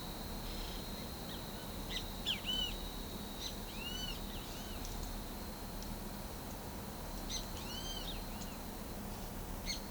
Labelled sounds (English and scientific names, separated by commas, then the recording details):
Great Kiskadee (Pitangus sulphuratus)
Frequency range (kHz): Great Kiskadee (Pitangus sulphuratus) 1.5-9.2 kHz
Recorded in pastures near Pivijay, Magdalena, Colombia, on 18 April 2023 at 16:00
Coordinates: 10.456, -74.369
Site P6-G026